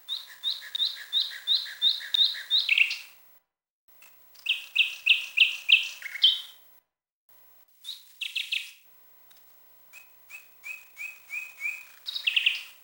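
Common nightingale song: several phrases of rapid repeated notes, then short clicks and a quick series of high notes ending in a buzzy flourish.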